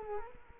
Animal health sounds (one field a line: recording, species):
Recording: mosquito wingbeat signal from an infrared sensor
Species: Culex quinquefasciatus